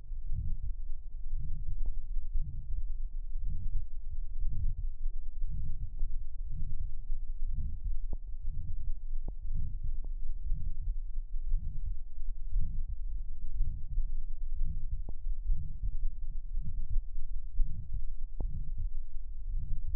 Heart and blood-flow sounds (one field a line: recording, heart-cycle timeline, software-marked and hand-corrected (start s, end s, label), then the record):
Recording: heart sounds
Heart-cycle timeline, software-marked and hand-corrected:
not marked
From the record:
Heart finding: aortic stenosis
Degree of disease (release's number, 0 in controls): 2 to 3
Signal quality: poor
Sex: male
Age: 69 years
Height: 1.66 m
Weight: 100 kg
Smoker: yes